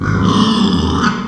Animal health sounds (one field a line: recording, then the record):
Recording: squeal of a Yucatan mini pig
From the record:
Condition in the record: after surgery on the right vocal fold (resection and tissue-engineered implant)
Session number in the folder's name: 16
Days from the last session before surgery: 183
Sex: female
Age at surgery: 19 weeks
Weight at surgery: 25 kg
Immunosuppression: prednisolone